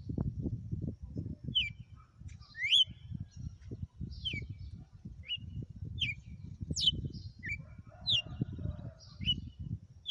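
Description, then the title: Red-cowled cardinal singing short whistles repeated roughly once a second, bright and clear above a constant low rumbling background. Female; sang one lash (açoite) of song after another today. "Canto Galo Campina Fêmea. Galo de campina,hj foi um açoite atrás do outro"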